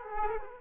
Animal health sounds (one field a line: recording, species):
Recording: mosquito wingbeat signal from an infrared sensor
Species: Aedes aegypti